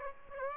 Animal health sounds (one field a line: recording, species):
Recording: mosquito wingbeat signal from an infrared sensor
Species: Aedes aegypti